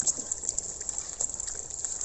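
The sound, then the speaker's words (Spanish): Soft, steady trickling water runs continuously at the Fuente del Moro fountain in Siete Iglesias de Trabancos, a gentle hiss-like babble with small splashy flickers, fairly quiet and without any voices. “El silencio que hay en la fuente del Moro de Siete Iglesias de Trabancos.”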